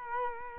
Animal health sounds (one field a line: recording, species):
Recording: mosquito wingbeat signal from an infrared sensor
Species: Culex quinquefasciatus